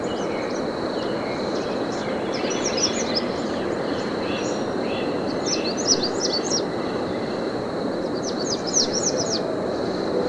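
American redstart giving high, sharp, thin notes grouped in short phrases every few seconds, partly buried under continuous loud rushing noise and a steady whine.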